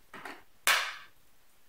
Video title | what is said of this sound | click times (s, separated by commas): Shark Rocket Ultra Light HV382 Stick Vacuum | snaps back in here and | 0.7 s